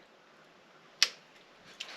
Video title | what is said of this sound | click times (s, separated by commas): JB4 with Bluetooth Option...Install/1st Drive Impression...2022 Toyota Tundra TRD Pro | hopefully that turned out for you I felt it and heard it click into place so that one is done | 1.0 s